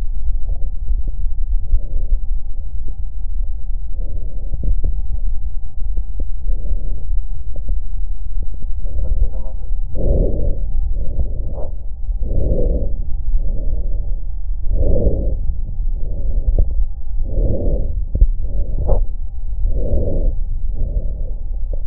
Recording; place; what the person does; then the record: lung sounds by stethoscope; left posterior apical chest; quiet breathing, then deep breathing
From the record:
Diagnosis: interstitial lung disease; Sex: female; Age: 70 years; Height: 160 cm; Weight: 93 kg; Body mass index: 36.3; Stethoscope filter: extended mode